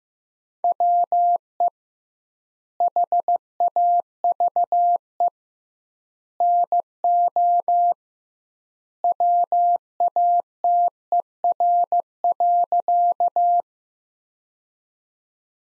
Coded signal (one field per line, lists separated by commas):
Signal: Morse code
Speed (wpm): 15 wpm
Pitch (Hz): 700 Hz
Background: none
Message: WE HAVE NO WATER.